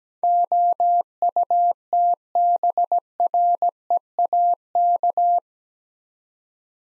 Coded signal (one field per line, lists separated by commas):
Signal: Morse code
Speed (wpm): 17 wpm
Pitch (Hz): 700 Hz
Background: none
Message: OUTBREAK